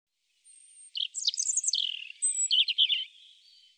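European robin delivering a fluid, jumbled song of rapid high chirps and trills, a brief pause, then another burst of sweet twittering notes.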